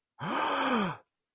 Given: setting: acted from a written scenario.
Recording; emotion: vocal sound without words; awe